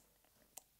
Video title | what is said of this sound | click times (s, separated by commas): Octoprint for the 3D printer and big project announcement (Random Shop Stuff 25) | snaps in place and then with one screw secured that will really be secured | 0.6 s